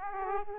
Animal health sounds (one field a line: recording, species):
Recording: mosquito wingbeat signal from an infrared sensor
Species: Aedes aegypti